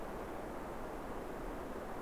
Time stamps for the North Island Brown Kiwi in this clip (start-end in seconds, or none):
none